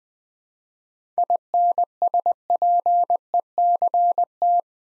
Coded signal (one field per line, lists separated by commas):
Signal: Morse code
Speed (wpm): 20 wpm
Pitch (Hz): 700 Hz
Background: none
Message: INSPECT